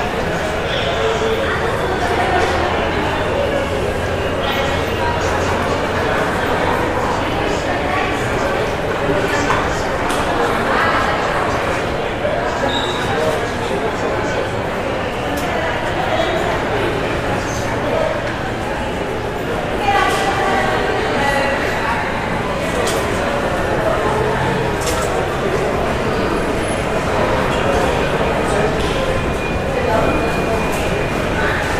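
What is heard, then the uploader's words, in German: Noise from an airport terminal hall: a dense, steady murmur of many overlapping voices fills the whole recording without pause. Brief clicks and knocks surface now and then, and a faint low hum runs underneath. Entspannende Geräusche aus der Flughafen-Abfertigungshalle.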